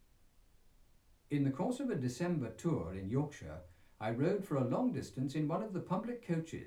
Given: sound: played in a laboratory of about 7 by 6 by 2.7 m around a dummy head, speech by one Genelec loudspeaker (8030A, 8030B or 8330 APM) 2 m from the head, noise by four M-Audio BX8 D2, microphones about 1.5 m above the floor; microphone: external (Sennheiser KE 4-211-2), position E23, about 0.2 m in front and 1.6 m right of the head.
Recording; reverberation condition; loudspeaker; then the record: male speech in English; low; 150 degrees to the left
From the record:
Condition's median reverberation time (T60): about 310 ms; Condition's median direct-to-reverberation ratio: about 3.5 dB